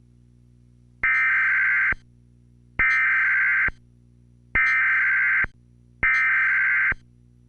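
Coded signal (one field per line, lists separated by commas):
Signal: Emergency Alert System (SAME) tones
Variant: header bursts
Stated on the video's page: Parody remix of EAS tones, not a real alert.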